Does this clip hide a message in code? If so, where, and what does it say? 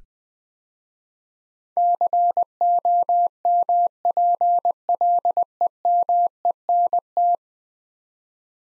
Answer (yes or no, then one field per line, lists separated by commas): yes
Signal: Morse code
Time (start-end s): 1.8-7.4 s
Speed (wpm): 20 wpm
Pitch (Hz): 700 Hz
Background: none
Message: COMPLEMENT